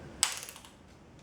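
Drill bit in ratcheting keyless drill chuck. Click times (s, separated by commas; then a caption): 0.2 s, 0.4 s, 0.5 s, 0.6 s. A drill bit is hand-tightened in the ratcheting keyless chuck of a cordless drill. A sharp bright click at 0.2 s is followed by softer clicks at 0.4, 0.5 and 0.7 s as the ratchet clamps down. The chuck grips the bit tight so it will not fall out or loosen.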